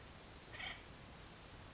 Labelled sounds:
Acorn Woodpecker (Melanerpes formicivorus)
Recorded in Sonoma County, California

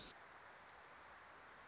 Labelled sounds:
Wilson's Warbler (Cardellina pusilla)
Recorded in Sonoma County, California

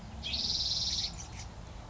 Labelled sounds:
Spotted Towhee (Pipilo maculatus)
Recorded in Sonoma County, California

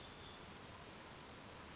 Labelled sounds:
Western Flycatcher (Empidonax difficilis)
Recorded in Sonoma County, California

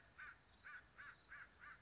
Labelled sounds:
American Crow (Corvus brachyrhynchos)
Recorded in Sonoma County, California

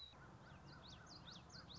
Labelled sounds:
Common Yellowthroat (Geothlypis trichas)
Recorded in Sonoma County, California

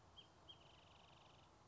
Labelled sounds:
Wrentit (Chamaea fasciata)
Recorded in Sonoma County, California

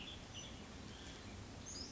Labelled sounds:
Western Tanager (Piranga ludoviciana)
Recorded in Sonoma County, California

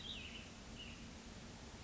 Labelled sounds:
Cassin's Vireo (Vireo cassinii)
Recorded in Sonoma County, California

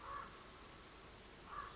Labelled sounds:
Common Raven (Corvus corax)
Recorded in Sonoma County, California

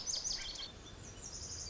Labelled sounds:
Lazuli Bunting (Passerina amoena)
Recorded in Sonoma County, California

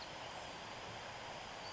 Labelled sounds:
Western Flycatcher (Empidonax difficilis)
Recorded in Sonoma County, California

